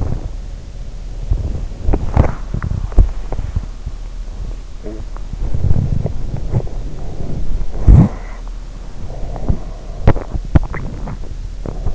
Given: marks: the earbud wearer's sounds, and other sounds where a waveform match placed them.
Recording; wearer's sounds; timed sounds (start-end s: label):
sounds in sleep by an in-ear microphone; body movement, talking in sleep, teeth grinding
0.00-11.95 s: body movement
4.66-5.17 s: talking in sleep
9.99-11.95 s: teeth grinding